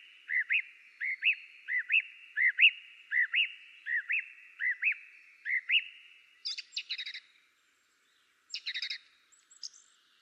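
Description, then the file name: Song thrush song: a short rising two-part whistled phrase repeated about eight times in a row, then harsher, scratchy, high chattering phrases. "drozd spiewak peter boesman. zanglijster"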